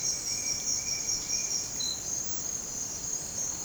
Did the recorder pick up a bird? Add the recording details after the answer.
no. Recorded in dense forest near Puerto Asís, Putumayo, Colombia, on 20 December 2024 at 07:30. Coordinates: 0.466, -76.327. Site G075